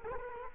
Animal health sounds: mosquito wingbeat signal from an infrared sensor; Culex quinquefasciatus

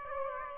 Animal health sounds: mosquito wingbeat signal from an infrared sensor; Aedes aegypti

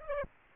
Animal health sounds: mosquito wingbeat signal from an infrared sensor; Aedes aegypti

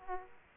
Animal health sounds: mosquito wingbeat signal from an infrared sensor; Aedes aegypti

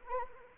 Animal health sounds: mosquito wingbeat signal from an infrared sensor; Anopheles arabiensis

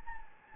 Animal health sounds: mosquito wingbeat signal from an infrared sensor; Anopheles gambiae

